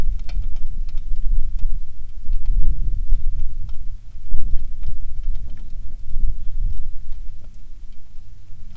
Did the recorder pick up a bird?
yes